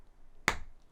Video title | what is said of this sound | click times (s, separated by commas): LEGO Christmas Wreath Real Time Build - Part 1 - 4K | oh that that snaps together very nice | 0.5 s